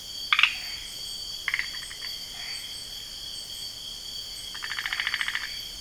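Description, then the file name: Myristica swamp treefrog calls as short rattling pulse bursts, then a longer evenly pulsed train near the end, with steady high insect drones throughout. "Mercurana"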